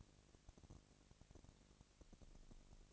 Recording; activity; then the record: daily activity, microphone in the room; no activity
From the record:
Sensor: 4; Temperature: 22.5 degrees Celsius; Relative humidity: 33.4%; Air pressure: 999.6 hPa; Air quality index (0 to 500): 230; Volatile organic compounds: 20 ppm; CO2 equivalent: 2702 ppm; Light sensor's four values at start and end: 2/3/1/1 and 2/3/1/1